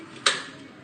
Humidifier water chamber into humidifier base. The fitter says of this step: so as a click sound is come that means the chamber has properly fixed